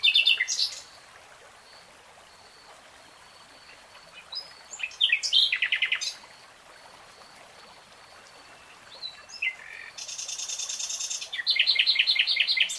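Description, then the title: Nightingale song in several bursts: loud rattling phrases, long thin whistles between them, and a final series of rapid repeated notes. Nightingale singing in real time. "[Tiếng chim hót] 3 Hours REALTIME Nightingale Singing"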